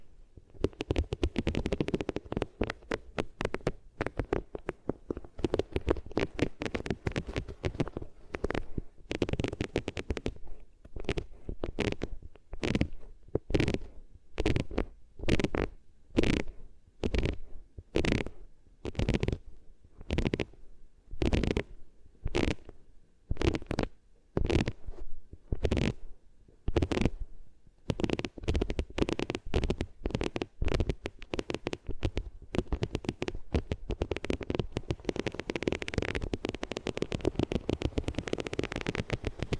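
Ears rubbed against different materials make dense, rapid scratchy bursts, clearly separated strokes mid-clip, then thicker continuous rubbing near the end.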